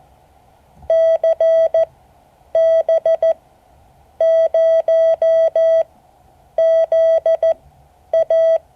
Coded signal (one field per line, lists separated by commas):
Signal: Morse code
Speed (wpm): 14 wpm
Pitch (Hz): 650 Hz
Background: none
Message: CB0ZA